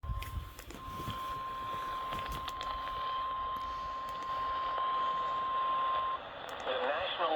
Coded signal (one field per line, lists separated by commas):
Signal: Emergency Alert System (SAME) tones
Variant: 1050 Hz attention tone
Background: speech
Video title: eas FFW Eas#310